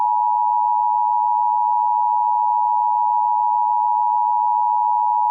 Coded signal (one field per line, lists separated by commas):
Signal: Emergency Alert System (SAME) tones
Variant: 853 and 960 Hz attention tone